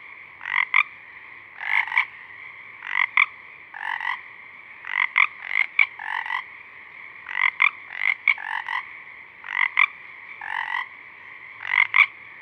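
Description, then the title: Pacific chorus frogs calling in a busy chorus, two-part ribbits repeated again and again over a steady background trill of other frogs. A few Pacific chorus frogs singing at dusk, recorded through a parabolic reflector. "Pacific Chorus Frogs (Pseudacris regilla), dusk, Parabolic"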